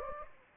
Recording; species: mosquito wingbeat signal from an infrared sensor; Anopheles gambiae